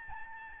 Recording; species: mosquito wingbeat signal from an infrared sensor; Aedes albopictus